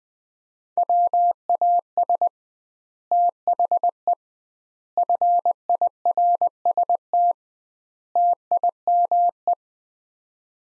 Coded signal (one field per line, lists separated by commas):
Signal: Morse code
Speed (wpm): 20 wpm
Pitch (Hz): 700 Hz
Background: none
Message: WAS THE FIRST TIME